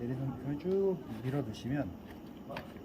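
Someone talks while lowering the finger guard and sliding an L-shaped plastic humidifier water chamber onto an Airvo high-flow respiratory humidifier base so its two ports line up. A brief handling sound occurs near 2.6 s. Nothing has seated or clicked yet.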